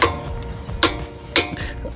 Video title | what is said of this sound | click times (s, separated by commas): THE HARBOR FREIGHT QUINN 1/2" DIGITAL TORQUE ADAPTER. UNBOXING, USING AND FIRST IMPRESSIONS. | You heard that click. | 0.8 s